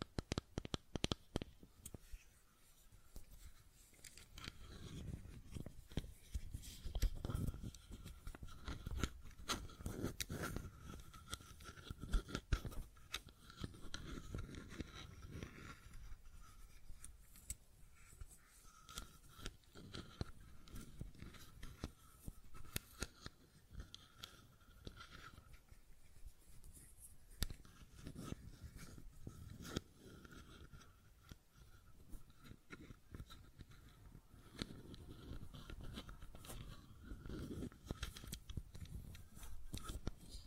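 Fidget cube tapping and clicking fills the whole stretch: dense, irregular clicks and taps come in quick clusters with short pauses between them. Each click is sharp and dry, backed by a soft low thump, and a faint steady tone hums underneath throughout.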